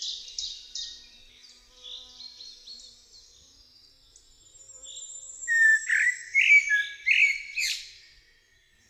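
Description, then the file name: Common blackbird song: faint high notes, then a louder burst of fluty warbled phrases with squeaky twitters. "Kos"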